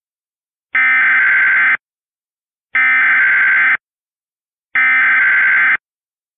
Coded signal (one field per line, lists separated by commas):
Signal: Emergency Alert System (SAME) tones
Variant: header bursts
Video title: *VALID TONES* Western Nevada PDS Dust Storm Warning (EAS Remake)